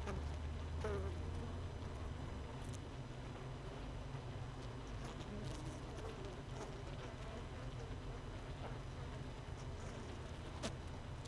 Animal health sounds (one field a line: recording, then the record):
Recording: honeybee colony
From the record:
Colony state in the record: missing queen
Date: 31 May 2018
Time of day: 16:44